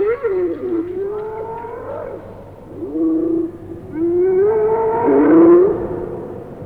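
Hyena making long wavering calls that slide up and down in pitch, three drawn-out calls following one another with only brief breaks.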